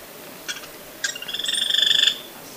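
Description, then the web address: Yellow-vented woodpecker call: a brief sharp note, then a fast pulsed chattering rattle with layered tones that grows louder over about a second, then stops abruptly. Recorded in Ecuador. "Birds of Ecuador. Yellow-vented Woodpecker"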